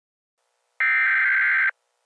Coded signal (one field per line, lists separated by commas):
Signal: Emergency Alert System (SAME) tones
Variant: header bursts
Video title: EAS Scenario 1 Snack-A-Pacolypse